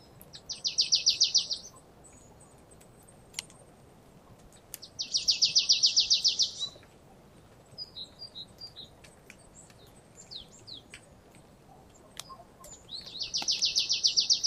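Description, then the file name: Marsh tit repeating a quick, even trill of high chipping notes three times, separated by pauses with a few scattered thin calls. "Poecile palustris"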